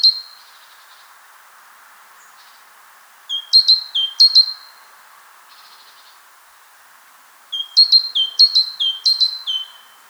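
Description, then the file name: Great tit song: two bursts of rapid two-note phrases, a high sharp note dropping to a lower clear note, repeated several times each, with faint notes early on. "Parus major"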